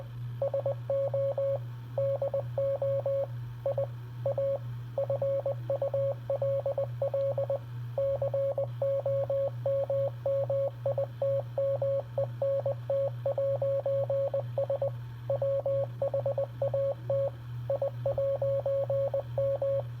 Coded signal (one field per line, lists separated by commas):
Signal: Morse code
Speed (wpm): 20 wpm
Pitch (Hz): 550 Hz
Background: radio noise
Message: SO DO I A FULL COMMITMENT'S WHAT I'M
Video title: Random Morse code￼